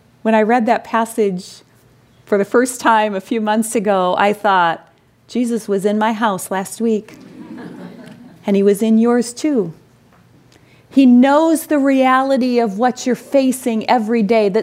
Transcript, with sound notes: When I read that passage for the first time a few months ago, I thought, Jesus was in my house last week! (laughter) And He was in yours, too. He knows the reality of what you're facing every day.